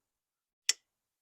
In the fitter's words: so you just pull that out and start pushing until it clicks that's pretty cool